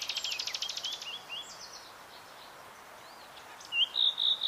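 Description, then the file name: Common nightingale song starting with a rapid run of identical pulsed notes, then soft slurred whistles, ending with loud pure whistled notes repeated three times. "Luscinia megarhynchos"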